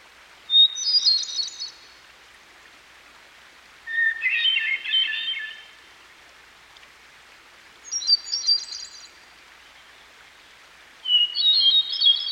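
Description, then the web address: Hermit thrush delivering four ethereal phrases, each a sustained whistle dissolving into rippling echoing notes, alternating high and lower pitches every few seconds against quiet hiss. By a stream. "Dan Gibson Songbirds By The Stream. Hermit Thrush"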